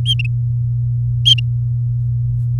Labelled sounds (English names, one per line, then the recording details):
Domestic Canary song
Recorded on 3 May 2018 at 17:02
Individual llb16